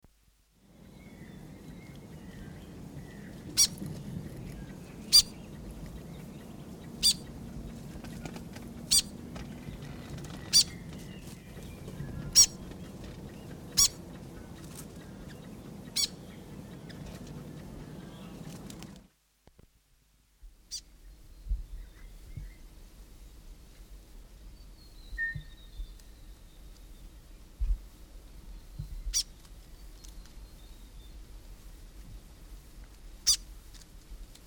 Fantail: South Island fantail.